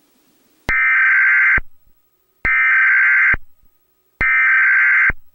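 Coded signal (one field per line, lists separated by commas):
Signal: Emergency Alert System (SAME) tones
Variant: header bursts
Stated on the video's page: Fake EAS alert for Virginia Beach and Norfolk, Virginia, with simulated tones.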